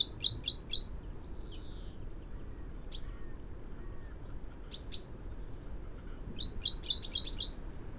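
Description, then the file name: Great tit calls: scattered sharp high notes, a quick run of a few at the start, two single notes in the middle, then a loose burst of several notes near the end. "Parus major"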